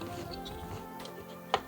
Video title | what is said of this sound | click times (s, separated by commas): Точка доступа MikroTik LHG LTE6 kit | Відповідно праву ми надіваєм на праву сторону до фіксації. | 1.5 s